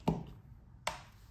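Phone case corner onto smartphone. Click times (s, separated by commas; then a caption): 0.1 s, 0.9 s. Corners of a Torras aramid 600D case are pressed over the edges of an iPhone 14 Pro Max. Two sharp clicks are heard at 0.1 s and 0.9 s, the second brighter and louder, and the case corners seat onto the phone.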